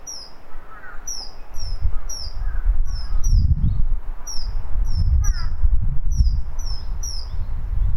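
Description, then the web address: Bird uttering repeated high, downslurred chirps in quick sets, a few lower notes around five seconds, and steady low-frequency rumbling behind. "yacho koe"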